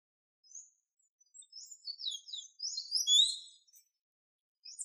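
Golden-chevroned tanager song: a thin, high twittering of quick squeaky notes, rising and falling in short bursts over a few seconds, brief silent pauses between, nothing else audible.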